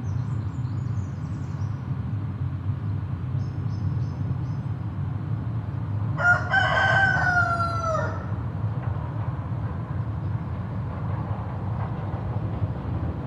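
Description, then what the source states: Chicken, a rooster, gives one long crow of nearly two seconds, strained and ending in a falling note, with continuous traffic hum underneath. Recorded with road traffic in the background.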